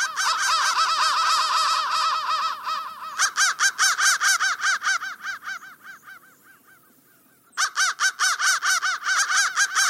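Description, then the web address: Crow calls, harsh and repeated fast, form a continuous chorus, thin into a quiet spell, then return as a loud, even series. "soundfactory crow 1 crow 1 crow 1 bendthreads"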